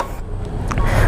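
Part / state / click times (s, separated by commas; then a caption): parking brake lock lever on a scooter's rear brake lever / seated / 0.7 s. The parking brake lock lever on the rear brake lever of a 2021 Yamaha Mio Soul i 125S is pressed and clicks into lock at 0.7 s, with a second faint tick just after, over a steady low background rumble. The rear brake is now held on, so the rear wheel can no longer turn.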